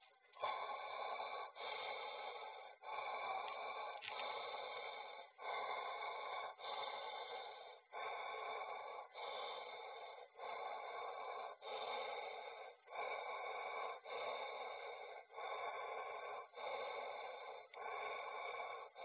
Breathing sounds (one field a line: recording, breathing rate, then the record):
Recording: paced breathing near a phone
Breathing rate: 24 breaths a minute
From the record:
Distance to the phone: 20 cm